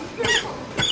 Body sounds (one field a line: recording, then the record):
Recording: coughing mixed with background sound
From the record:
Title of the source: Dry Afternoon Cough